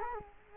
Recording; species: mosquito wingbeat signal from an infrared sensor; Culex quinquefasciatus